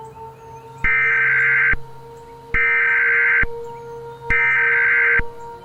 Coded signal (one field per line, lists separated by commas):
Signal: Emergency Alert System (SAME) tones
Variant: header bursts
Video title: EAS Mock: Disqualified, Reimagined